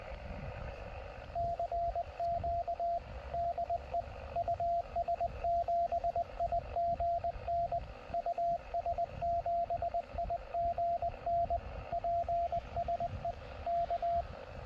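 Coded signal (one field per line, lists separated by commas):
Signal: Morse code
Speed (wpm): 20 wpm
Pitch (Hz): 690 Hz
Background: radio noise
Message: CQ DE US7IGN US7IGN PSE K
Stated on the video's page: QRP CW contact made in the field with a homemade portable multiband HF vertical antenna, SOTA-style.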